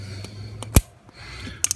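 The second wiring harness connector on a Maserati Ghibli/Quattroporte, during a MAXPower ECM install by MADNESS, is pushed into the ECM harness plug until it clicks. A low hum runs underneath a faint tick near 0.6 s, a loud sharp snap at 0.8 s and a brief lull. The connector seats with a crisp click at 1.7 s, followed immediately by a second quick click.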